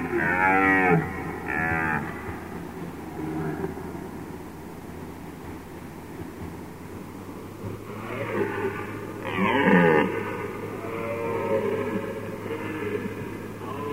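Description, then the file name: Red deer roaring in hoarse, harmonic bellows near the start and again from about the eighth second on, with a low steady hum underneath. "jelen"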